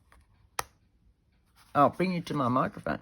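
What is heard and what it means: The magnetic flap closure on the cover of a finished 12 x 12 inch paper journal is closed, and its magnets snap together with a single loud, sharp click at 0.6 s, preceded by a faint tick at 0.1 s. From about 1.7 s someone talks. The closure is confirmed shut.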